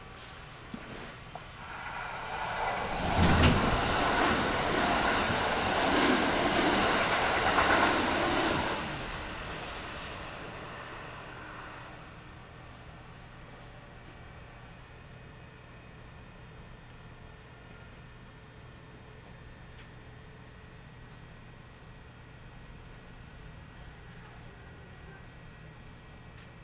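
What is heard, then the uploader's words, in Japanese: A Kintetsu Nagoya Line local train runs with a loud rumbling surge around three to ten seconds, then settles into a low steady hum. 近鉄名古屋線各駅停車 塩浜→白子。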